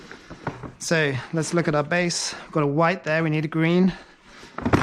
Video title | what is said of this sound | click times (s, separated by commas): Maxi Cosi CabrioFix vs Tinca vs Rock vs Pebble Pro - BuggyBaby Reviews | So move it around. There we go, hear the big click. And we're in, we're green, we're good to go. | 4.8 s